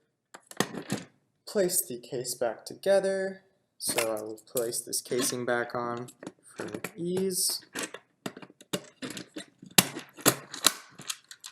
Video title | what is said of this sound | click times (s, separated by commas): AutoSlide How to Upgrade or Rehandle Your Unit | That's clicked back into place. | 9.8 s, 10.7 s